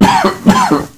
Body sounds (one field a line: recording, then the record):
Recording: coughing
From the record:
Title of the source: Spring Allergy Coughing